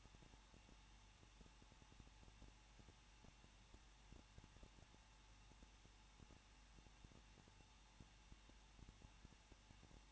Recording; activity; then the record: daily activity, microphone in the room; no activity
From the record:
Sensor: 1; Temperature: 20.1 degrees Celsius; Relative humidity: 39.2%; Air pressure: 1006.3 hPa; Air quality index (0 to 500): 218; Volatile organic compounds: 77 ppm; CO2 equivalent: 3585 ppm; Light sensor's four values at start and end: 1/2/1/1 and 1/2/1/1